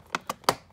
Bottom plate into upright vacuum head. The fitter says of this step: snap that back in place this bottom plate does have a bad habit of not